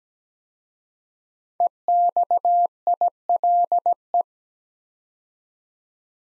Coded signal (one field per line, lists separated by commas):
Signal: Morse code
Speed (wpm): 17 wpm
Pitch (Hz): 700 Hz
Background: none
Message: EXILE